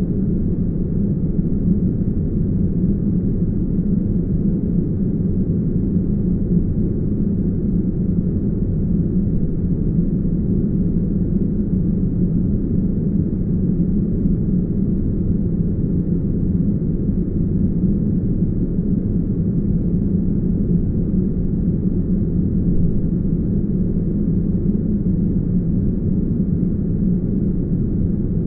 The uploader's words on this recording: 10 hours of uninterrupted brown noise.